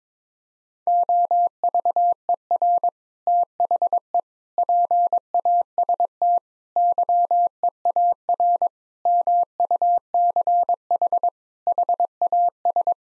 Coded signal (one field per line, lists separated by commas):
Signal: Morse code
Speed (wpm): 22 wpm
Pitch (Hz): 700 Hz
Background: none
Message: OVER THE PAST YEAR MUCH HAS